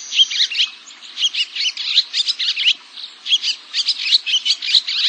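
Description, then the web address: Barn Swallow twittering, a fast continuous chatter of high, scratchy and squeaky notes in two long bursts separated by a brief lull near three seconds. "cotor. Barn Swallow"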